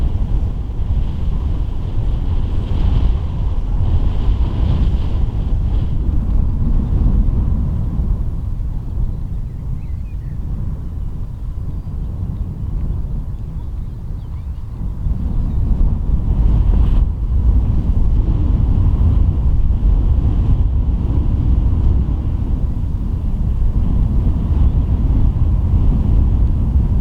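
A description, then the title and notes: Wind roars around the Rubjerg Knude lighthouse, a dense, low rumble with buffeting gusts that dip around ten to fifteen seconds, then build strongly again. A faint thin whistle rides above, and a brief sharp rush near seventeen seconds could be sand blowing past. Wind noise around Danish lighthouse. You can hear the noise of wind and flying sand around the lighthouse at Rubjerg Knude, in Lønstrup, North Jutland, Denmark.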